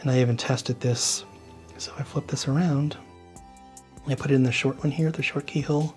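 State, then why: Not seated. A fastener head is handled at the short CNC-cut keyhole slot in a wooden part, flipped around and brought to the slot, but nothing has seated or clicked yet. Someone talks over faint background music, with two brief small knocks at about 3.4 s and 3.8 s.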